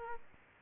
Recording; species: mosquito wingbeat signal from an infrared sensor; Aedes aegypti